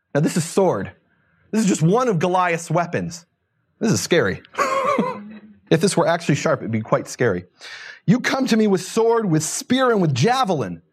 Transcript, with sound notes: This is sword. This is just one of Goliath’s weapons. This is scary. [laughing] If this were actually sharp it would be quite scary. “You come to me with sword, with spear and with javelin.”